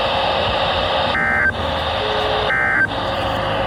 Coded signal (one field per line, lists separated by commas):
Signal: Emergency Alert System (SAME) tones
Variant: end-of-message bursts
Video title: Welcome to Vegas! (EAS alerts from July 25-28, 2022, EAS 1,005-1,023)